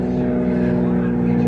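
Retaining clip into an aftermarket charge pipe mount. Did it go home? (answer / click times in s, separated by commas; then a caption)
no / none. A new retaining clip is pushed against the mounting hole of an aftermarket charge pipe mount in an engine bay, but it is too thick to pass through and would need sanding down to fit. Only a steady, droning engine-like hum with low tonal bands is heard throughout, with no sharp sounds. Nothing has seated or clicked.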